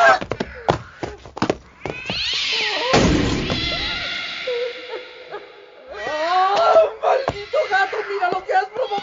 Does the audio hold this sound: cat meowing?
yes